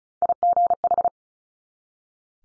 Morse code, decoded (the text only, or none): IGH